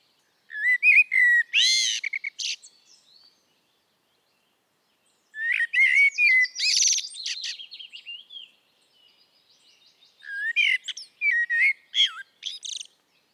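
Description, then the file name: Eurasian blackbird singing three separate phrases, mixing low mellow fluted notes with high, scratchy twitters, with silent gaps between. "Turdus merula"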